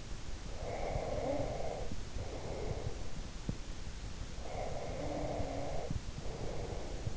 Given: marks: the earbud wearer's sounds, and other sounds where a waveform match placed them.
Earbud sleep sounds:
sounds in sleep by an in-ear microphone; breath
0.51-3.02 s: breath
4.43-7.17 s: breath

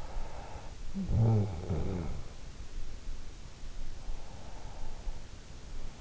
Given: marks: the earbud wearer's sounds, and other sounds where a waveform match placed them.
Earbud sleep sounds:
sounds in sleep by an in-ear microphone; snoring breath
0.55-3.01 s: snoring breath

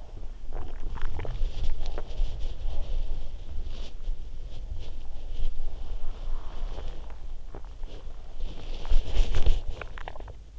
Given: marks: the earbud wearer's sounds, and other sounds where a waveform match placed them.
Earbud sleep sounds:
sounds in sleep by an in-ear microphone; body movement
0.00-10.59 s: body movement

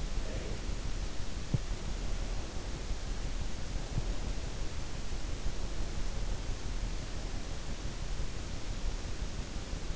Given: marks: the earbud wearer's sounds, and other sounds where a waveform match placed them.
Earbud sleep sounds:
sounds in sleep by an in-ear microphone; breath
0.00-0.85 s: breath

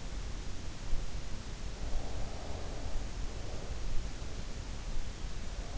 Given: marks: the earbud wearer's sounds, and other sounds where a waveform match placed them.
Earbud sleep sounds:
sounds in sleep by an in-ear microphone; breath
1.88-3.56 s: breath

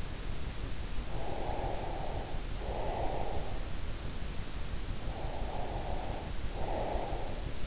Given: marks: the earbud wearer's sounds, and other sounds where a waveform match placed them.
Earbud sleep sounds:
sounds in sleep by an in-ear microphone; breath
1.07-3.84 s: breath
4.84-7.67 s: breath

